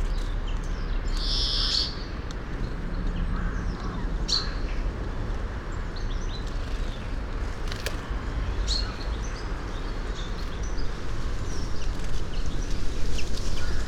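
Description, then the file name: European greenfinch with one short nasal wheeze near the start, followed by scattered faint chirps and ticks against constant low rumbling noise. "Chloris chloris"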